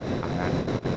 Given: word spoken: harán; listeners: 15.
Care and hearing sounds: one Spanish word in noise, from a listening test; noise modulated by three-talker babble; -6.3 dB; 1 of 15; 6 of 15; 0.57 s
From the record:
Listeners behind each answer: 6, 3, 1, 1, 1, 1, 1, 1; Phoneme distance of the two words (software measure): 20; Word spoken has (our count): 2 syllables, 4 phonemes, stress on syllable 2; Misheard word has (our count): 2 syllables, 4 phonemes, stress on syllable 2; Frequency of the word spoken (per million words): 19.14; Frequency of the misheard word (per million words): 12.41

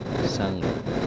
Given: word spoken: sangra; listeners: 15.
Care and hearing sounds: one Spanish word in noise, from a listening test; noise modulated by three-talker babble; -3.6 dB; 3 of 15; 11 of 15; 0.66 s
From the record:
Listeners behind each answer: 11, 3, 1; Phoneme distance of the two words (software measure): 10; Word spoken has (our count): 2 syllables, 6 phonemes, stress on syllable 1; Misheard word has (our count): 2 syllables, 6 phonemes, stress on syllable 1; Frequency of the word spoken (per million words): 0.91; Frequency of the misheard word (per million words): 136.32

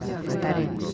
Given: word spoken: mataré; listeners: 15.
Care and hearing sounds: one Spanish word in noise, from a listening test; eight-talker babble; -2.6 dB; 0 of 15; 9 of 15; 0.53 s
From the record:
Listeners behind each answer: 9, 2, 1, 1, 1, 1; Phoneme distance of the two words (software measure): 45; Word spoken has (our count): 3 syllables, 6 phonemes, stress on syllable 3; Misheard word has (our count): 4 syllables, 9 phonemes, stress on syllable 3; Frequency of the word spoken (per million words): 0.74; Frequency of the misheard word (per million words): 7.07

